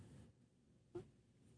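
A low rumble fades after a fraction of a second, followed by a single short, sharper gurgle near the one-second mark, then quiet room tone. This is an adult's stomach growling (borborygmi), the ordinary gut noise of hunger, loud enough to be heard through headphones and taken for a minor tremor.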